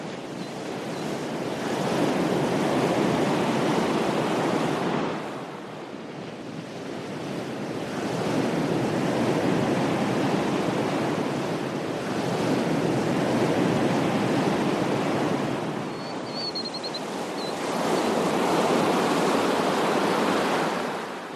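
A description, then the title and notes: Powerful waves crash in a slow, regular rhythm, each one a thick roaring wash that swells, holds for a few seconds, then eases before the next arrives about every five seconds. A brief faint high chirp, perhaps a bird, appears near the sixteen-second mark. The calming white noise of powerful waves crashing.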